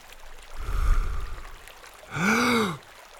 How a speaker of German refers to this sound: Also holte ich tief Luft und tauchte unter.